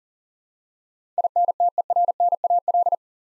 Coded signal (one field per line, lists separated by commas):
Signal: Morse code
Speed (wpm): 40 wpm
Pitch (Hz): 700 Hz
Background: none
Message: INTERNAL